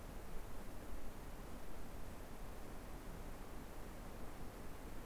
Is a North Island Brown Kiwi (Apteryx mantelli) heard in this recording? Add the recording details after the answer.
no. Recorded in New Zealand on 6 February 2013. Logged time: 23:58. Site DQ55